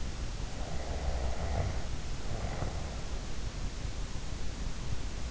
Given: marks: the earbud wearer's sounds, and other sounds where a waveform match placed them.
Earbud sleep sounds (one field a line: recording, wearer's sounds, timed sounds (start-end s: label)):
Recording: sounds in sleep by an in-ear microphone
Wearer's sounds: snoring breath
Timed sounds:
0.49-3.15 s: snoring breath